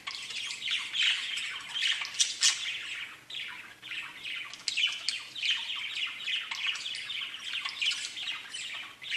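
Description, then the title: Budgerigar chatter, continuous warbling mix of scratchy squawks and high chirps, rising and falling without pause. "Budgie Sounds"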